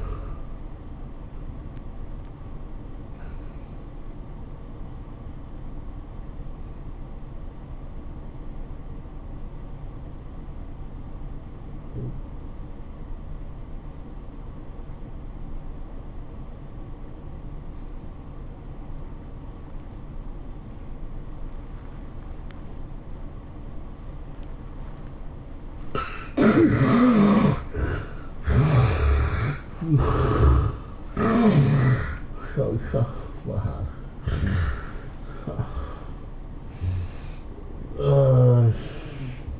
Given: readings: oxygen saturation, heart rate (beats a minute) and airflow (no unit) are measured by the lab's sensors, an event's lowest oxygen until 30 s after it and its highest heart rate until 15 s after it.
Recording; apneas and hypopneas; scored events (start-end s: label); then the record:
breathing in sleep by a smartphone at the bedside; 1
7.00-26.00 s: obstructive apnea (N1, oxygen 95% highest, then 71% lowest, heart rate 90 at the start, 107 highest)
From the record:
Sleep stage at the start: N1 (lightest sleep); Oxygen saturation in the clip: 74 to 95%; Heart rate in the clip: 79 to 107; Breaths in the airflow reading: 6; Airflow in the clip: -13.4 to 17.7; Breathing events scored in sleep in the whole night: 403 in 5.5 hours asleep